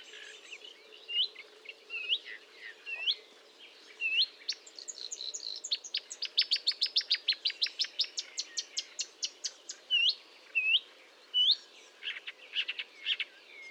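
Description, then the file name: Marsh warbler song: scattered upslurred notes give way to a rapid run of buzzy trills and clicks, then repeated short whistled phrases, energetic and varied throughout. Recorded at Fontaine-Française, France, on 1 June 2022 at 10:55 using a Nagra recorder with a Telinga parabolic microphone. "Rousserolle verderolle 20220601 1055 Fontaine-Francaise-Fourneau"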